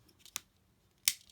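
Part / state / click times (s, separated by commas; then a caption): plastic flip-out leg part locking into a transforming robot toy / seated / 1.1 s. A plastic flip-out part on the lower leg of a transforming GaoKing robot toy (Shokugan Modeling Project) is flipped up and around, then pushed home. A sharp plastic click comes at 0.4 s, and a louder snap follows at 1.1 s as the part locks and seats into place.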